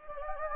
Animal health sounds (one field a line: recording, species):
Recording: mosquito wingbeat signal from an infrared sensor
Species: Anopheles gambiae